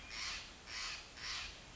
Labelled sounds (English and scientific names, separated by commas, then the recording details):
Steller's Jay (Cyanocitta stelleri)
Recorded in Sonoma County, California